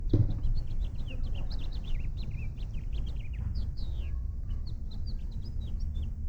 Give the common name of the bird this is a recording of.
House Finch